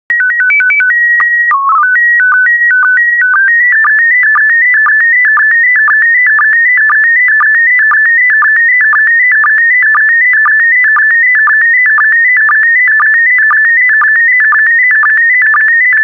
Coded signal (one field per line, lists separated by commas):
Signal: SSTV (slow-scan television)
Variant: PD 120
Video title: 179076 Helicopters SSTV PD120